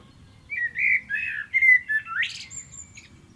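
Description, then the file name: Common blackbird song phrase: a rich, low, flowing warble that climbs into a brief, thin, squeaky twitter at the end. "Turdus merula"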